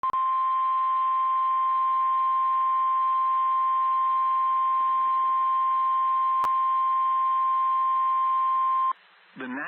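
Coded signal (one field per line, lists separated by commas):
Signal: Emergency Alert System (SAME) tones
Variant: 1050 Hz attention tone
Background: speech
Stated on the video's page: EAS tones for severe thunderstorm warnings on NOAA weather radio station WXK46, issued by NWS Morristown.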